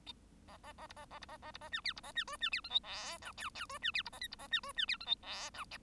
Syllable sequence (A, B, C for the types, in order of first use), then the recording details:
A A A B A A B A A B A C D B A C E C D F G H I J J E C D B A K B A C E C D F G H I. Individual Bird1